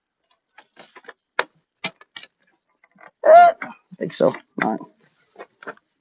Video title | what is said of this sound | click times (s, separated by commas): How to replace exhaust on venom x20 125cc. Venom motor sports USA | and then we've got this guy pops right in | 1.4 s